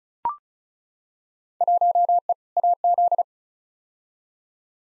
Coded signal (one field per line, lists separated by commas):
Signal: Morse code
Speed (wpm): 36 wpm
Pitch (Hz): 700 Hz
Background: none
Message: 1E AZ